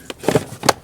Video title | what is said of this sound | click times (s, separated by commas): Chevrolet Suburban - Engine Service, it's Time to Give this Truck some Love | then we're going to push it Forward yeah you heard it snap that's it | 0.7 s